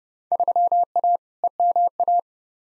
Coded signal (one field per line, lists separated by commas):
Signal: Morse code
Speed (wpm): 31 wpm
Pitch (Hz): 700 Hz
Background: none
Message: 3A EMA